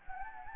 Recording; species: mosquito wingbeat signal from an infrared sensor; Anopheles gambiae